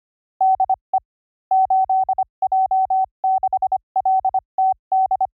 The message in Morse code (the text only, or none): DE 8J6LTD